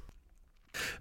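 After a near-silent stretch in a small room, a single loud, harsh, airy burst breaks out abruptly and runs to the end. It is one adult man's cough, noisy in character.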